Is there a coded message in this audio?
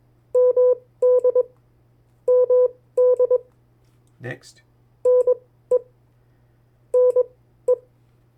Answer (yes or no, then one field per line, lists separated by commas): yes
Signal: Morse code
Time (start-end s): 0.4-7.7 s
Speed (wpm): 21 wpm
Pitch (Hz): 500 Hz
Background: speech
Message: MD MD NE NE